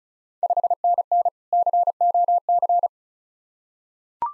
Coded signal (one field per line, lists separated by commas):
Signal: Morse code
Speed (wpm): 36 wpm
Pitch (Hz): 700 Hz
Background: none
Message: 5NN COC